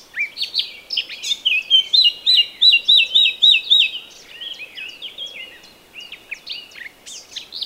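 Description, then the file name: Eurasian blackcap song: brisk chattering start building into a strong series of clear fluty whistles, then softer warbling and a final scratchy note. "Sylvia atricapilla"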